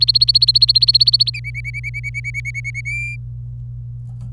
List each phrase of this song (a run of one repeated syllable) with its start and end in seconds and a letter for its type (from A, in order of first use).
0.00-1.30 A, 1.34-2.81 B, 2.85-3.16 C